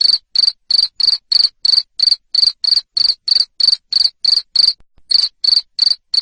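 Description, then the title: Cricket sounding a rapid series of bright, high chirps, around three per second, pausing briefly near the five-second mark. Loud 'ngerik' cricket sound played to stimulate lovebirds to keep singing ('ngekek'). "Suara JANGKRIK NGERIK Keras Bikin LOVEBIRD Jadi NGEKEK Terus Vubey"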